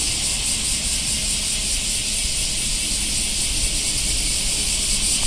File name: black cicadas